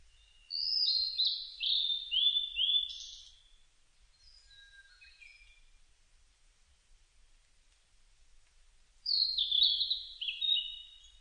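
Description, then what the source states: Blue-and-white flycatcher singing two phrases of stepped, descending whistled notes separated by a long pause, with soft scattered notes in the pause. Recorded 25 June 2006.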